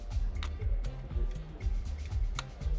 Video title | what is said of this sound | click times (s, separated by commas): The PC is in Trouble. | Ooh, I hear a click. | 2.4 s